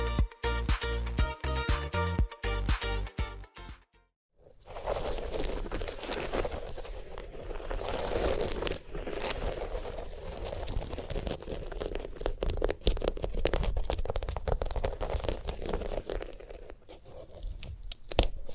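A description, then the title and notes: A sunflower head is handled for ASMR after a short opening of stepped musical tones and a brief pause near four seconds. Then comes steady, dense crinkling and rustling with scattered crisp clicks, and a few sharper snaps near the end. ASMR of a Sunflower Head (No Talking).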